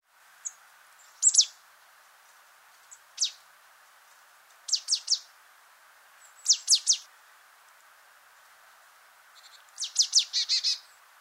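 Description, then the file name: Marsh tit calling: short high chips and quick bursts of two or three sharp notes, ending with a longer rapid series. "Poecile palustris"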